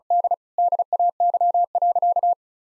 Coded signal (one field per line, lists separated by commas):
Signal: Morse code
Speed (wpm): 34 wpm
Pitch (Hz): 700 Hz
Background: none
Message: D DAY.